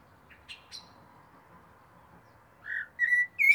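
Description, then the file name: Common blackbird, a few short high clicks, then after a pause the start of a mellow whistled warble of three fluty notes, over soft background noise. "Turdus merula"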